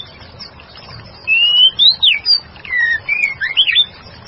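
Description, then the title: White-rumped shama delivering a fluty whistled phrase of long slides and quick twisting notes, starting after a short quiet moment. "murai batu"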